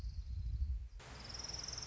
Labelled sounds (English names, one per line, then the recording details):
Orange-crowned Warbler
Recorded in Sonoma County, California